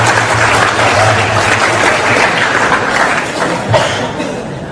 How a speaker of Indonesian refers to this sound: Tepuk tangan semuanya.